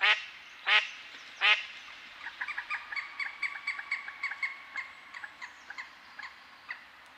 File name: Canard colvert